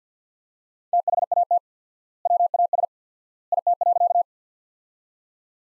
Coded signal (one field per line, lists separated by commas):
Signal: Morse code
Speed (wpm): 49 wpm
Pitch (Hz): 700 Hz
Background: none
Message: THAT WAS IT.